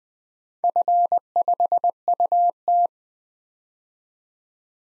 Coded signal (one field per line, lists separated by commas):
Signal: Morse code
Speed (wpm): 20 wpm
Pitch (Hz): 700 Hz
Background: none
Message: F5UT